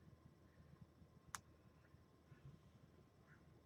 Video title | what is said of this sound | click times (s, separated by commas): 05/22/24 Lego Speed Champions only has one Toyota, the GR Supra in classic Lego Yellow | piece was resistant to being clicked, but we got the satisfying click, so. | 1.3 s